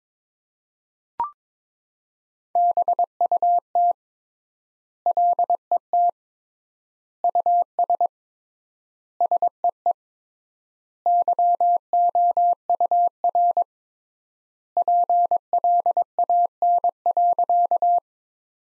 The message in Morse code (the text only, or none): BUT LET US SEE YOUR PLAN.